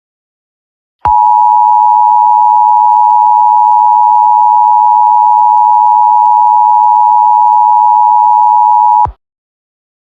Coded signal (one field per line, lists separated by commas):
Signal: Emergency Alert System (SAME) tones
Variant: 853 and 960 Hz attention tone